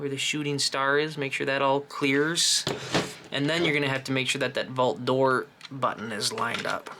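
Someone talks while handling a 3D printed To The Moon puzzle box, lining up the vault door button so a plastic locking pin can drop into the box's vault door. Only speech is heard, and the pin has not yet dropped in or seated by the end.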